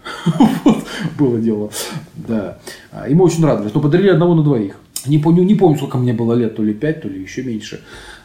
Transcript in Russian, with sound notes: вот, было дело! (Смеется.) Да... Ему очень радовались. Но подарили одного на двоих. Не помню, сколько мне было лет — то ли пять, то ли еще меньше.